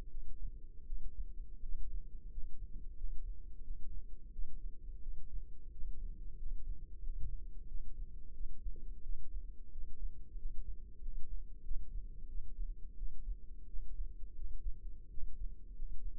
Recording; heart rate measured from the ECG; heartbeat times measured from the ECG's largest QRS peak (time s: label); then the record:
heart sounds by microphone in the left ear; 88 bpm
0.08 s: heartbeat
0.83 s: heartbeat
1.60 s: heartbeat
2.28 s: heartbeat
2.94 s: heartbeat
3.61 s: heartbeat
4.30 s: heartbeat
4.99 s: heartbeat
5.69 s: heartbeat
6.36 s: heartbeat
6.99 s: heartbeat
7.65 s: heartbeat
8.32 s: heartbeat
9.01 s: heartbeat
9.70 s: heartbeat
10.35 s: heartbeat
10.98 s: heartbeat
11.61 s: heartbeat
12.26 s: heartbeat
12.94 s: heartbeat
13.65 s: heartbeat
14.32 s: heartbeat
15.08 s: heartbeat
15.72 s: heartbeat
From the record:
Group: healthy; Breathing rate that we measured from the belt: 15 breaths a minute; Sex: female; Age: 26 years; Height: 165 cm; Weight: 55 kg